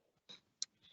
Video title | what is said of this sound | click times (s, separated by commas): Werner Fall Protection - Safety Stand-Down Webinar 2022 | You're going to hear a click. | 0.6 s